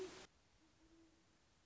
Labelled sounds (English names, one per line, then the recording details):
Great Horned Owl
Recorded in Sonoma County, California